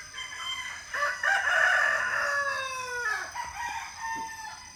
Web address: Charlie Atanasyan - Philippines sound library by Faunethic Village quiet chicken hen symphony early the morning